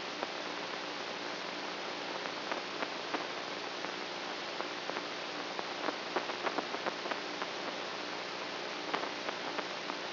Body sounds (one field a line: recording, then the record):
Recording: brain microelectrode recording played as sound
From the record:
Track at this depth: inside the subthalamic nucleus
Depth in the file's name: 3.002 mm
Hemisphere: right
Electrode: 3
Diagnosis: Parkinson's disease